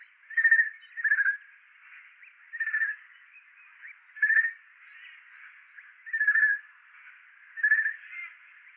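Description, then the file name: Eurasian jay uttering a series of six rough, grating screeches with quiet gaps between them. "Garrulus glandarius"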